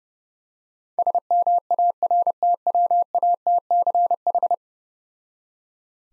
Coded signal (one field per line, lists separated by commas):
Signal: Morse code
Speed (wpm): 30 wpm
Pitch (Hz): 700 Hz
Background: none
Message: SMARTWATCH